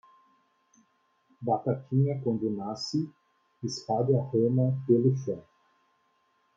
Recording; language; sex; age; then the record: short text; Brazilian Portuguese; male; 30 to 39 years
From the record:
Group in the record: control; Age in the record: 33 years